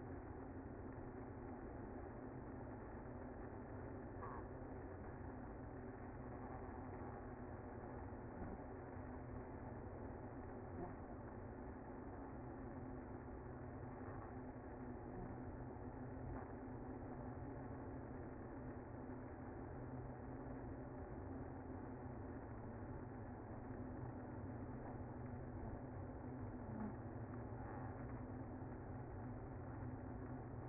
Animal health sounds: honeybee colony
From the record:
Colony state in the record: active

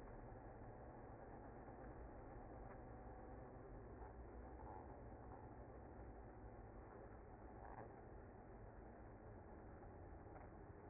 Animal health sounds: honeybee colony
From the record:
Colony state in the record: active

